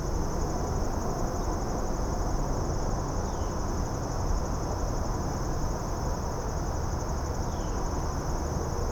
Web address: boom library Urban and Suburban Suburban din day insects